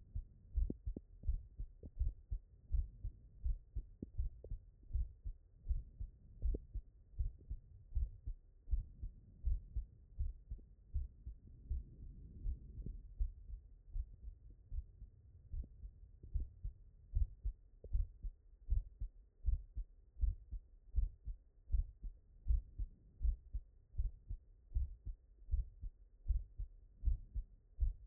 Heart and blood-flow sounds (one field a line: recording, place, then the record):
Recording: heart sounds by stethoscope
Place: mitral valve (MV)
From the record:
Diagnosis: non-HFrEF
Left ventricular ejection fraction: 67%